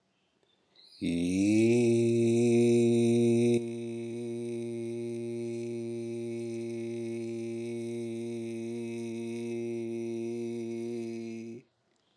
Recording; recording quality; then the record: sustained vowel as in beet; excellent, no background noise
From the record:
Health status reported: healthy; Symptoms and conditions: diabetes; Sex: male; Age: 45 years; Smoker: not ticked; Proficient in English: yes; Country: India